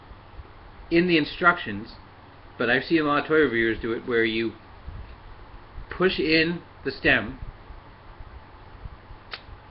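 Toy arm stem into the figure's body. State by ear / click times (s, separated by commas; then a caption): seated / 9.3 s. Someone talks while pushing a plastic toy arm's stem into the figure's body. A sharp click at 9.3 seconds marks the stem seating in place.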